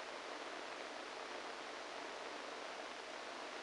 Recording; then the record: brain microelectrode recording played as sound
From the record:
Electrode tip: inside the subthalamic nucleus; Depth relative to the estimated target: 1 mm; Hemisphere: right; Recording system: NeuroSet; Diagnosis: Parkinson's disease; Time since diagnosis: 14 years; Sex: male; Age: 51 years